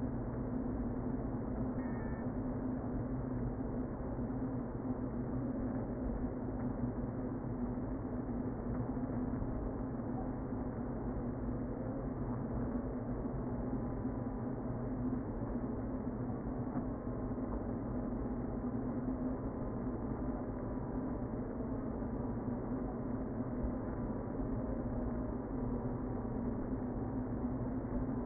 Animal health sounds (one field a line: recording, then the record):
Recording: honeybee colony, microphone inside the hive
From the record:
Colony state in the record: queen present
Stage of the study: before two queens were removed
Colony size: about 60,000 bees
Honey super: yes